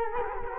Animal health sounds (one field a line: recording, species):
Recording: mosquito wingbeat signal from an infrared sensor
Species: Culex quinquefasciatus